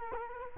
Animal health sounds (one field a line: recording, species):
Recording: mosquito wingbeat signal from an infrared sensor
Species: Culex quinquefasciatus